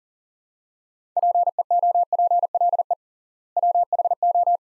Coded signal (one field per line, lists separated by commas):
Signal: Morse code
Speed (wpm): 40 wpm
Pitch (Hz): 700 Hz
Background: none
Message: PEOPLE WHO